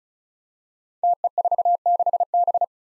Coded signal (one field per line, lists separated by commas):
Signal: Morse code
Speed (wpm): 36 wpm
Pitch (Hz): 700 Hz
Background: none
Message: TE46B